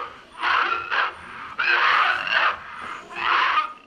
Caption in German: Ein Kurzfilm, Der Mann, der hustet, von 1969. Der Mann sitzt mit dem Rücken zur Wand in einem Zimmer. Das Husten könnte plötzlich auch ein Würgen sein, ein sich übergeben. Oder doch ein Husten?